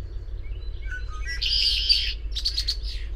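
Bird song in short chirps and thin whistled notes, then a dense buzzy trill and a few quick bright notes, over a steady low rumble.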